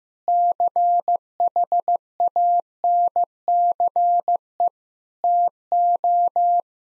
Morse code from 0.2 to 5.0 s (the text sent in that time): CHANCE